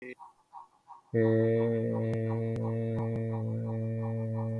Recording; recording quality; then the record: sustained vowel as in made; moderate, slight background noise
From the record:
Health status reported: healthy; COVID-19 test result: not tested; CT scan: not taken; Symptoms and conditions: none ticked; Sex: male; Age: 39 years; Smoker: no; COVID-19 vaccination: none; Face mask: worn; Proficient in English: yes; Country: India